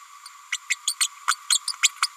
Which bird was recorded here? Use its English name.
Green-rumped Parrotlet